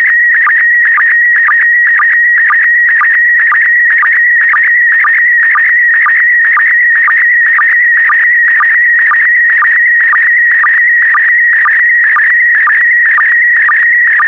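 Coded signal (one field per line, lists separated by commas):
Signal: SSTV (slow-scan television)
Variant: PD120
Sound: steady warbling tone near 1.9 kHz with a short low blip about twice a second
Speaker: get ready starting transmission in 5 4 3 2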